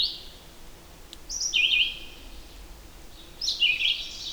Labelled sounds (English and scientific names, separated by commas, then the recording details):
Red-eyed Vireo (Vireo olivaceus) song
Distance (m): 10 m
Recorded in boreal forest in Alberta, Canada, on 8 June 2016 at 07:57
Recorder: SongMeter 3, array SBT-3-9
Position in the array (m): 10 m, 113 m